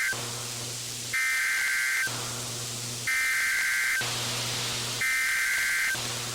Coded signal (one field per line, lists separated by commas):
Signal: Emergency Alert System (SAME) tones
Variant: header bursts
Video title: A GREAT RECORDING METHOD... (EAS Captures from 2026-6-10 to 2026-6-11) (EAS #10 - #29)